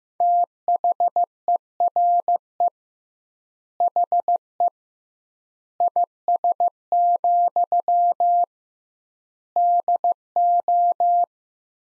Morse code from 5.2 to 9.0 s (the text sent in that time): IS,